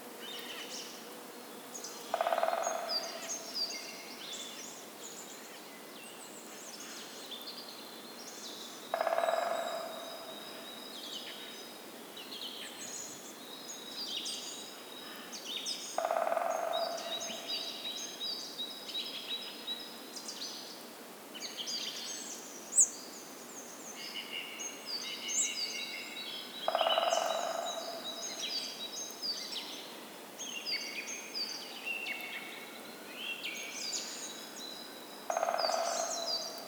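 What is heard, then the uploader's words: Woodpeckers in a forest, with short drumming rolls every several seconds over a steady chorus of bright, chattering bird calls. Woodpeckers in the Forest.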